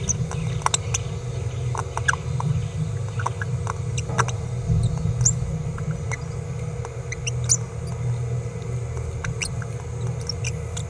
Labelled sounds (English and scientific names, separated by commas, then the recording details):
Green-rumped Parrotlet (Forpus passerinus) babbling
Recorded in a nest box in Venezuela
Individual 18B17A4